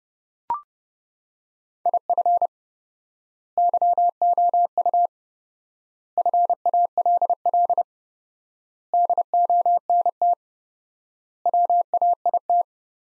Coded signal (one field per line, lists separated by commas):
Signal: Morse code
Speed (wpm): 30 wpm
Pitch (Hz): 700 Hz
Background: none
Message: IF YOU FALL DONT WAIT